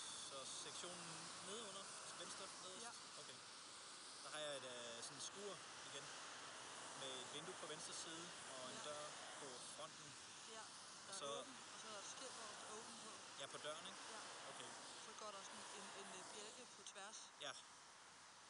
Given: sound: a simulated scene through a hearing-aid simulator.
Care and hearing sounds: conversation; traffic; 0 dB SNR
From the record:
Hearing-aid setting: I (fast-acting compression, audibility-based gain); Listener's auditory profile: D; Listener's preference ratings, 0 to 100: 57, 70, 80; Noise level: 75 dB SPL

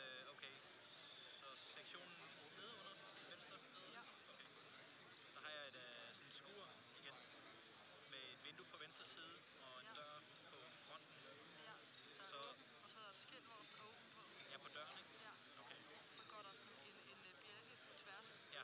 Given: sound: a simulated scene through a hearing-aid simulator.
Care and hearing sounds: conversation; cafeteria; 0 dB SNR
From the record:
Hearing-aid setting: I (fast-acting compression, audibility-based gain); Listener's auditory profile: A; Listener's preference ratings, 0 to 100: 29, 32, 32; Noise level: 65 dB SPL

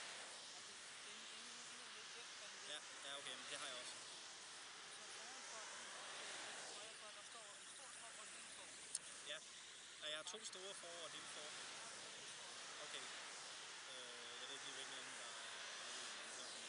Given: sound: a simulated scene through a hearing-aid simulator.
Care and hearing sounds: conversation; traffic; -4 dB SNR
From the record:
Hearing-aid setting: II (fast-acting compression, audibility-based gain, advanced features for about 2.5 dB of SNR improvement); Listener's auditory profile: B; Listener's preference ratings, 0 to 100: 50, 12, 27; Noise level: 75 dB SPL

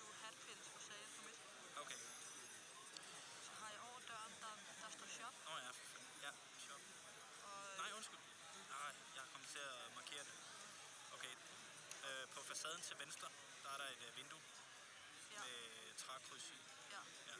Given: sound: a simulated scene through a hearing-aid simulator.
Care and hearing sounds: conversation; cafeteria; +4 dB SNR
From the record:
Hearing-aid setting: I (fast-acting compression, audibility-based gain); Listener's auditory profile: C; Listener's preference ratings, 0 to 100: 28, 18, 11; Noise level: 65 dB SPL

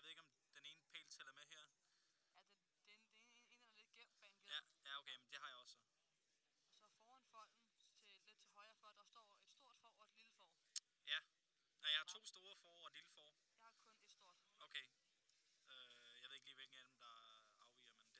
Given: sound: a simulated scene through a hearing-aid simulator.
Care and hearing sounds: conversation; quiet; 55 dB SPL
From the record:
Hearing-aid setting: standard clinical setting (NAL); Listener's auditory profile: C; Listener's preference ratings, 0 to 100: 100, 39, 71

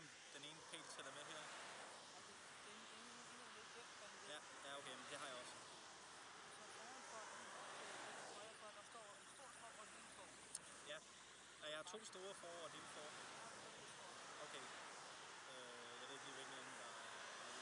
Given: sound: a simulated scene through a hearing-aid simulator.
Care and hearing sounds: conversation; traffic; -4 dB SNR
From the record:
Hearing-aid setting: II (fast-acting compression, audibility-based gain, advanced features for about 2.5 dB of SNR improvement); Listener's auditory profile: A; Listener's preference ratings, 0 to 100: 17, 34, 16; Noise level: 75 dB SPL

